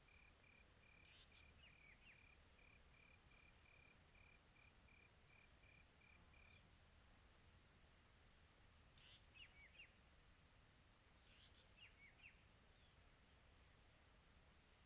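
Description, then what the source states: Cricket chirping in a continuous high shrill pulse, while a bird gives a string of evenly repeated short whistles, then several brief chirps. Quiet tropical atmosphere.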